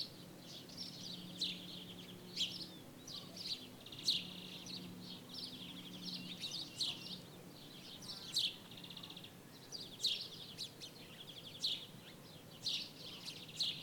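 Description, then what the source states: Birds chirping steadily, bright high notes roughly once a second layered over dense buzzy chatter, a low steady hum in the background. Birds in daytime ambience in Jerez, Spain.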